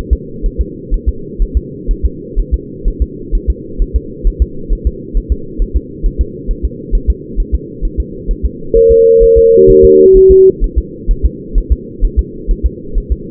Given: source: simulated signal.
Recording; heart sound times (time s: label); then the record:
fetal heart sounds
0.13 s: S2
0.46 s: S1
0.61 s: S2
0.94 s: S1
1.09 s: S2
1.42 s: S1
1.57 s: S2
1.91 s: S1
2.05 s: S2
2.39 s: S1
2.54 s: S2
2.88 s: S1
3.02 s: S2
3.35 s: S1
3.50 s: S2
3.82 s: S1
3.96 s: S2
4.27 s: S1
4.42 s: S2
4.72 s: S1
4.87 s: S2
5.17 s: S1
5.32 s: S2
5.62 s: S1
5.76 s: S2
6.06 s: S1
6.21 s: S2
6.51 s: S1
6.65 s: S2
6.95 s: S1
7.10 s: S2
7.40 s: S1
7.54 s: S2
7.85 s: S1
8.00 s: S2
8.31 s: S1
8.45 s: S2
8.77 s: S1
8.91 s: S2
9.23 s: S1
9.38 s: S2
9.70 s: S1
9.84 s: S2
10.17 s: S1
10.31 s: S2
10.64 s: S1
10.78 s: S2
11.11 s: S1
11.25 s: S2
11.58 s: S1
11.72 s: S2
12.04 s: S1
12.19 s: S2
12.51 s: S1
12.66 s: S2
12.98 s: S1
13.12 s: S2
From the record:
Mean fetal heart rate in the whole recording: 130 bpm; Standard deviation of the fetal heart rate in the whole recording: 4 bpm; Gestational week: 38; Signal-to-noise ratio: -4.3 dB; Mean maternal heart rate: 72 bpm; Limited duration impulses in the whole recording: present